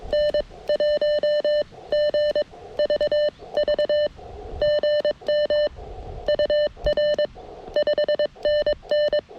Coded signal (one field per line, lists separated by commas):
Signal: Morse code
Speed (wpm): 22 wpm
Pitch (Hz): 1800 Hz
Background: none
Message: N1GVV GM UR 5NN